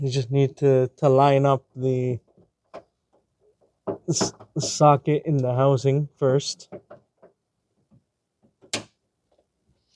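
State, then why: Seated. A brake light bulb socket on a 2009-2013 Toyota Corolla 1.8 is lined up in the tail light housing and twisted clockwise until it locks. Someone talks, then a sharp click sounds at 8.7 s as the socket seats in the housing.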